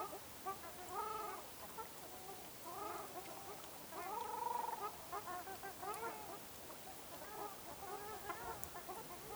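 Ruddy shelduck calls, drawn-out nasal honks in short bursts at intervals, with softer chatter between.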